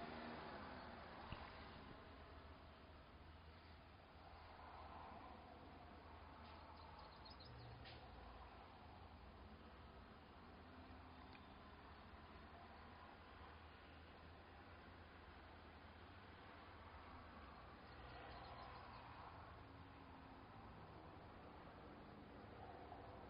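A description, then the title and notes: Neighborhood noise with traffic: a steady, dense low rumble of passing vehicles fills the whole stretch at an even level. Brief brighter swells come around 7–8 seconds and again near 18 seconds, with a small sharp knock just after the first second. This from our upstairs deck. Neighborhood noises and traffic.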